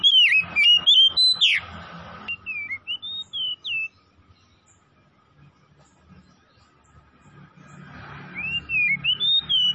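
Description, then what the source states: Oriental magpie-robin song: loud rich whistled phrases with rapid slurred notes and sweeping glides in quick bursts, a pause, then another burst; faint low rumble beneath. Kacer from Tretes, singing vigorously (gacor).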